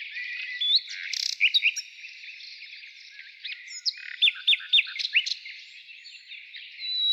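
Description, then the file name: Nightingale singing whistled slurs and quick repeated notes. Morning. "Utro i solovey"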